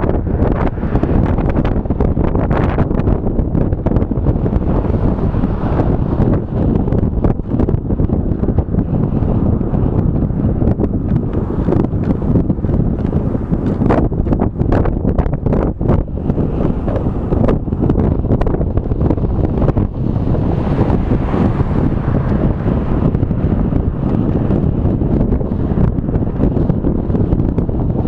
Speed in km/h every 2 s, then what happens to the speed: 18, 18, 17, 17, 16, 16, 15, 15, 15, 16, 16, 17, 18, 19.
0-28 steady at about 16.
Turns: none.